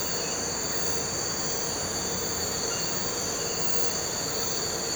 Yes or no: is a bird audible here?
no